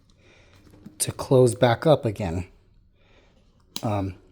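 Someone talks while handling the magnetic snap closure on the flap of a fabric ITIEZY garment bag, which sits behind a decorative buckle and is being closed back up. Only speech and a few faint handling ticks are heard; the magnetic snap has not clicked shut yet.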